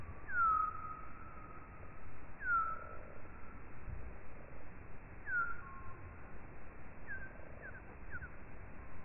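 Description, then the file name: Common noctule calls: a series of sweeping whistled notes, each dropping sharply and then holding steady, repeated every two to three seconds, with quicker short notes near the end. "Nyctalus noctula"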